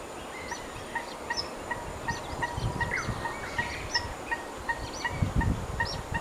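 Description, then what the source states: Common moorhen: many short thin peeps in a steady series, with a few higher notes and a low rumbling background. Adult with chicks, recorded 24 June 2021.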